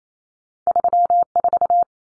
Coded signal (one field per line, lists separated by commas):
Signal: Morse code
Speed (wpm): 28 wpm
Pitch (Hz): 700 Hz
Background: none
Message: 34